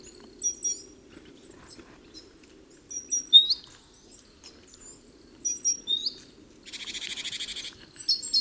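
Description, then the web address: Great tit calls: scattered high chirps and upslurred whistles, then a long harsh buzzy churr, followed by a few more chirps. "SETE Parus major"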